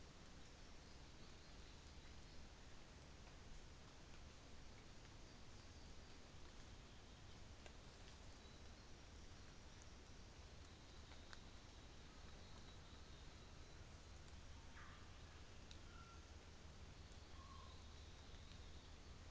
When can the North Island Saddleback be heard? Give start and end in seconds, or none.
none